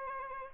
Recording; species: mosquito wingbeat signal from an infrared sensor; Aedes albopictus